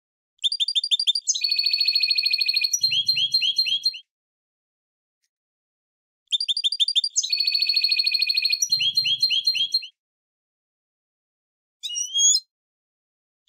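Finch song: high chirps leading into a long buzzy trill and falling notes, the phrase given twice, then a short call, with faint low thumps.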